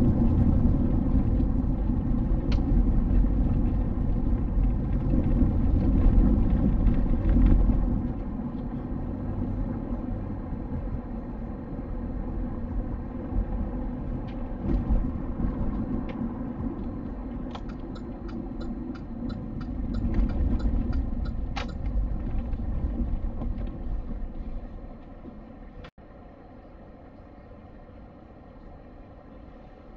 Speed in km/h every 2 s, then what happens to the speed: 49, 48, 48, 49, 52, 53, 53, 48, 36, 29, 19, 3, 0, 0, 0.
0-13 steady at about 49. 13-23 brakes to 0. 23-30 standing.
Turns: none.